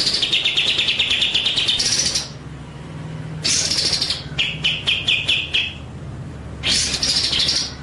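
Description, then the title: White-rumped shama song of loud harsh churring phrases with trills inside, separated by a short series of quick stuttering chips. Masteran training track of full 'ngerol' (rolling) and 'nembak' (shooting) song styles. "Masteran Murai Batu Full Ngerol Nembak"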